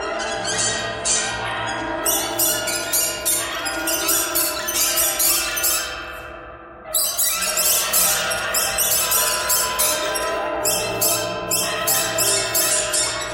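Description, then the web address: Bird calling with rasping, buzzy squawks repeated quickly, a brief lull near the middle before the busy calling resumes. "soundfactory birds birds birds thread buzz all"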